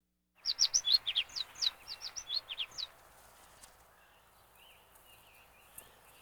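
Finch song: a quick run of many high chirps lasting about two and a half seconds, then faint softer twittering and quiet background.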